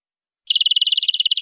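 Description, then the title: Canary song: a short, rapid, even trill of clean high notes lasting about a second, starting after a brief silence and ending with a click. "BM Suara Kenari"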